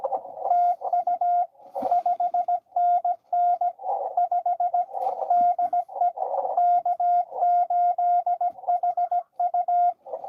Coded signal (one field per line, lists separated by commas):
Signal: Morse code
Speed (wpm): 22 wpm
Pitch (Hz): 700 Hz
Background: radio noise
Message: TU 5NN 5 DE K8HU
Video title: N2AKJ is live! Doing parks on the air at nessequogue river state park us-2114 #pota #cw